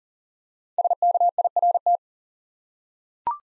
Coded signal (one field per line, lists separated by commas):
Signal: Morse code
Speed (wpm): 38 wpm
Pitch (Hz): 700 Hz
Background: none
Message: SKIRT